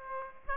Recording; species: mosquito wingbeat signal from an infrared sensor; Aedes aegypti